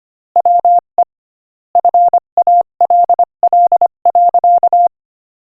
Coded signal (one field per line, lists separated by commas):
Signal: Morse code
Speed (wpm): 25 wpm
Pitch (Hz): 700 Hz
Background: none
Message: WE FALL.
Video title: Morse Code Practice: 25 wpm Inspirational Quote 7